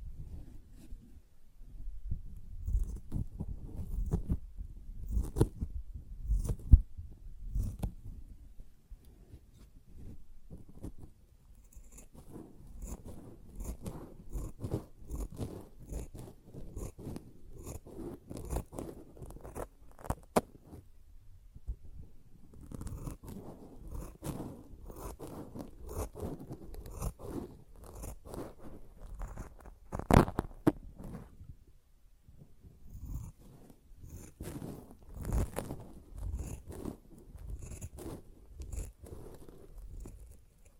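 A sponge being handled: dense, crackly squishing and scratching fills the clip. The first ten seconds are low and wet-sounding, then brighter rasping strokes come in quick runs, with a short pause near twenty seconds and a sharper scrape around thirty.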